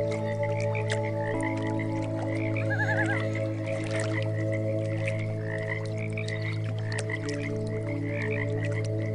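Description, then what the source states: Frogs croak in a rapid chorus of short repeated notes over sustained music drones. Frogs mixed with meditation music.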